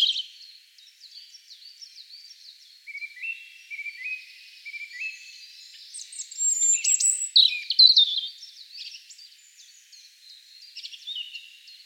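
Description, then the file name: European robin giving soft, thin high phrases, then a louder burst of tumbling, liquid warbles midway, followed by quieter twittering. "Erithacus rubecula"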